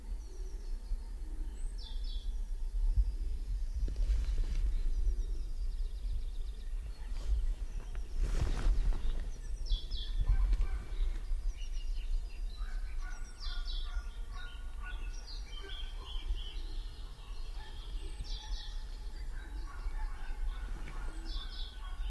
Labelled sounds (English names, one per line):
Great Tit song